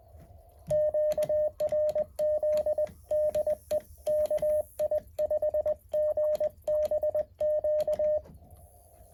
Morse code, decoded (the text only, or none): QRZ DE KI5GBQ